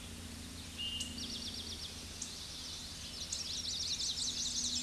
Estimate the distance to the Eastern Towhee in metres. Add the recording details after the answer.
about 60 m. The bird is about level with the microphone. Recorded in a Pennsylvania forest on 16 May 2024 at 08:08. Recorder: AudioMoth, point MSD-1482. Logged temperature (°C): 15.6 °C. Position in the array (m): 182 m, 193 m